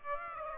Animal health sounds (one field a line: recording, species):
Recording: mosquito wingbeat signal from an infrared sensor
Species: Aedes aegypti